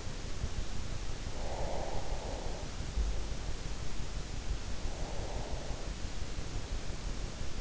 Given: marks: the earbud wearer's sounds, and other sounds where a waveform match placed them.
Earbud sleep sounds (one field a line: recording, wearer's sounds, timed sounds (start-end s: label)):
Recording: sounds in sleep by an in-ear microphone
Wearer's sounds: breath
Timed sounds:
1.06-3.03 s: breath
4.36-6.04 s: breath